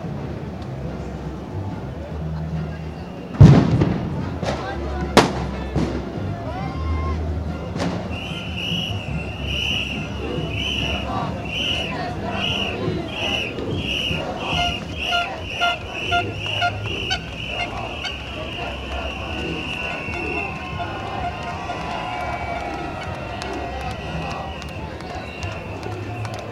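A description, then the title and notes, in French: Crowd ambience at a demonstration: a sharp bang near 3 seconds, then rapid whistle blasts with murmuring voices over a steady rumble. Ambiance dans la manifestation du 22 mars à Paris by Radio Parleur.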